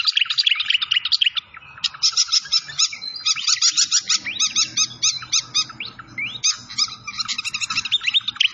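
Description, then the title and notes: Malaysian pied fantail song: continuous fast squeaky chattering and whistles over a soft, low rushing background. Masteran (bird-training recording) of a clear-voiced bird, mixed with the sound of gurgling flowing water. "Masteran Sikatan Kipas Suara Jernih Dan Suara Gemericik Air. Suara Burung Sikatan Londo"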